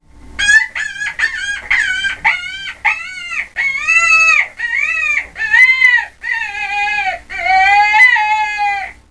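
Rabbit squealing, many shrill arched cries, each rising then falling, growing longer toward the end.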